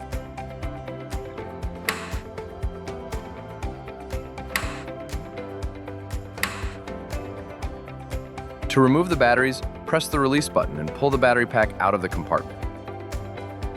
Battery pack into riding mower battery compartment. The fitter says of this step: Then push the battery down until you hear a click.